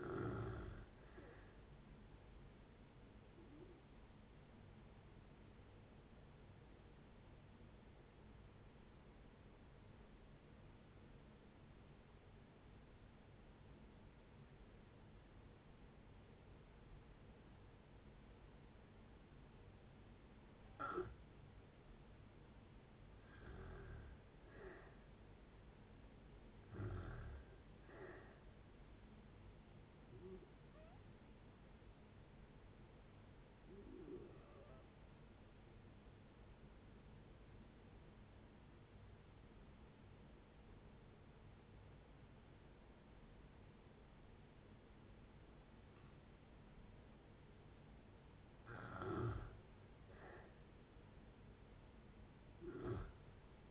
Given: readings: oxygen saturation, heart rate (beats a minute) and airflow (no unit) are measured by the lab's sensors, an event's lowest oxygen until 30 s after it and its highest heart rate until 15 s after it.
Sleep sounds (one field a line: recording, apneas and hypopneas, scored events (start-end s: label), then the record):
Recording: breathing in sleep by a voice recorder at the bedside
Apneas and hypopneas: 2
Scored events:
8.00-21.60 s: obstructive apnea (N1, oxygen 89% highest, then 86% lowest, heart rate 63 at the start, 69 highest)
32.00-49.30 s: hypopnea (N1, oxygen 95% highest, then 84% lowest, heart rate 69 at the start, 70 highest)
47.00-53.71 s: new sleep stage, N2 (light sleep)
From the record:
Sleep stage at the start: N1 (lightest sleep)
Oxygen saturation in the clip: 78 to 95%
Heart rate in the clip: 56 to 76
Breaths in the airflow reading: 10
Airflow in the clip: -8.0 to 6.7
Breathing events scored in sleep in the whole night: 496 in 5.4 hours asleep